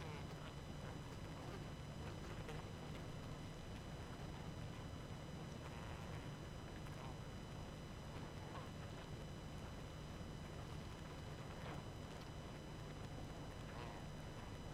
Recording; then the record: honeybee colony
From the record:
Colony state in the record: active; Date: 12 June 2018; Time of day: 21:22